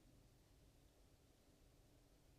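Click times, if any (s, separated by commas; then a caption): none. The clamp tab on the tool carriage of a Silhouette Curio 2 cutting machine is pulled open, and the auto blade is placed in and pushed down firmly before the tab is pressed closed. Only a quiet, steady low hum and faint broadband hiss are heard, with no hits. Nothing has seated or clicked yet.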